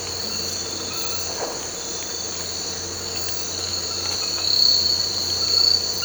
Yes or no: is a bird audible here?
no